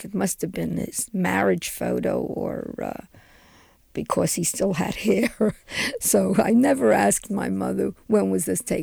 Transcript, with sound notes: It must have been his marriage photo, because he still had hair. ( she laughs ) So, I never asked my mother, "When was this taken?",